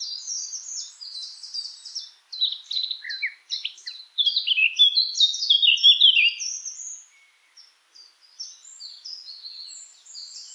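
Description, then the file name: Eurasian blackcap song: rapid warbling of squeaky, jumbled high notes, strongest in the middle, then a brief pause and quieter scattered short phrases. "Sylvia atricapilla"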